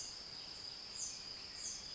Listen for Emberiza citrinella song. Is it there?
no